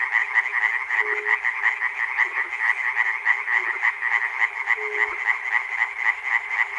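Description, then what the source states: Croaking frogs in full chorus, a dense pulsed rattle that never pauses, with two short low hums over it. Recorded at Chernobyl.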